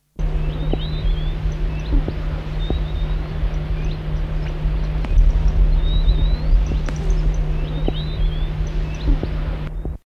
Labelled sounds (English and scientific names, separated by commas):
Violet-eared Waxbill (Uraeginthus granatinus) call